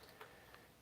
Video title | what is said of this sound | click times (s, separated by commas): Studio Update: Its Getting Close + Elgato Key Light Unboxing | it tells you to push it in and then twist and you can hear it click and it's locked | 0.5 s